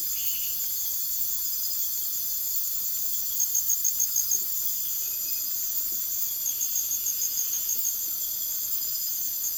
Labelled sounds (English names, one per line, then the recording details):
none
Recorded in secondary vegetation near Puerto Asís, Putumayo, Colombia, on 9 March 2025 at 00:30
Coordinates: 0.489, -76.322
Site G042